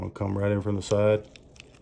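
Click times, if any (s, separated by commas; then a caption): 1.6 s. A mouse switch is slid into a controller trigger mount from the side while someone talks for the first second and a quarter. At 1.6 seconds a short, sharp click is heard as the switch pops into place and seats, followed by a fainter tick at about 1.8 seconds.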